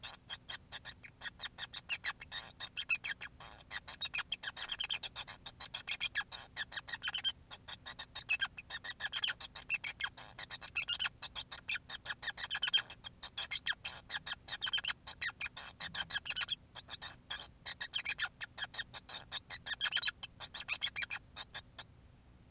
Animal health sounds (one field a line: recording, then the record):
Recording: song of a male Bengalese finch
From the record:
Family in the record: son of father 5